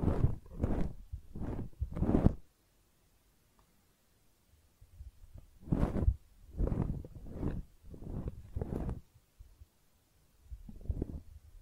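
Close-up ear cleaning: short, scratchy rubbing strokes come in quick runs, each stroke a muffled, low swish with a papery hiss on top. A cluster of four opens the clip, then near-silence for about three seconds, then five more strokes and a last rustle near the end.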